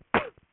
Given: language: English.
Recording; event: throat vibration sensor signal played as sound; cough